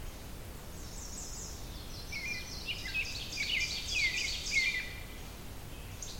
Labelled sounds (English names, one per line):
Ovenbird song